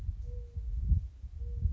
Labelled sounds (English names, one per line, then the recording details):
Mourning Dove
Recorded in Sonoma County, California